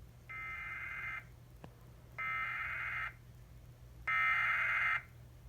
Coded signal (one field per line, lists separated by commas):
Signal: Emergency Alert System (SAME) tones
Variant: header bursts